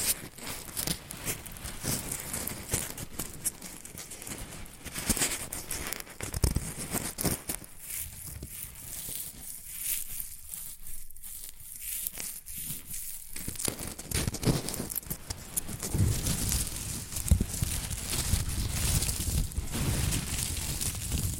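Shredded tissue and packing peanuts are rustled and crinkled in dense, irregular bursts of crisp, bright crackling. Activity thins to a softer, sparser rustle around 8 to 13 seconds, then grows busier and somewhat louder toward the end.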